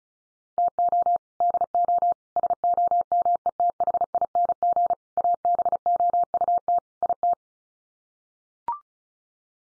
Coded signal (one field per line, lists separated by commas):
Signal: Morse code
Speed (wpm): 34 wpm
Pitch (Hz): 700 Hz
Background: none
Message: TO DO SOMETHING ABOUT IT